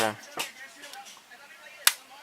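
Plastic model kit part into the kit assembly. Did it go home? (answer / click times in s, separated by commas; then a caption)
yes / 1.9 s. Someone talks briefly while a plastic part of a PLUM R-Type Final R-9A Arrowhead model kit is pressed onto the kit assembly. At 1.9 s it snaps into place with a sharp, loud click, and the part is seated.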